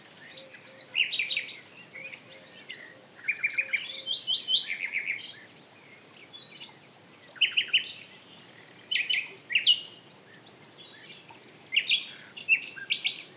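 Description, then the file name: Common nightingale song, loud varied phrases of rapid repeated notes, buzzy rattles and whistles, separated by short pauses. "Luscinia megarhynchos"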